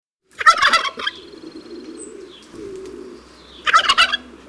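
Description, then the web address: Turkey gobbles, two fast rattling bursts about three seconds apart, with quieter low sounds between them. On a farm. "Le dindon. un jour a la ferme"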